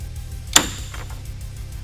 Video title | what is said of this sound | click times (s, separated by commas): How to Install a Hard Flip-Up Bed Cover on a 2010-2018 RAM 1500: Step-by-Step Guide | There's a slot in the rail just past the first panel, and they simply click into place. | 0.6 s